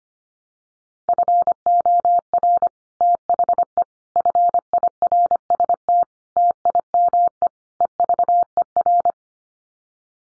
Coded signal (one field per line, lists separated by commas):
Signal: Morse code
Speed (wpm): 25 wpm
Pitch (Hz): 700 Hz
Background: none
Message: FOR THE FIRST TIME EVER